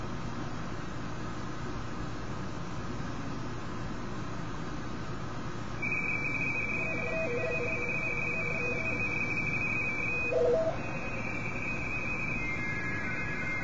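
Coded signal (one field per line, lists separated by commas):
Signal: RTTY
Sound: warbling two-tone chatter rapidly flipping between close pitches, with a fainter second signal lower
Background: radio static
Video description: I was just casually hunting and pouncing on RTTY signals on 40 meters and a little on 20 meters.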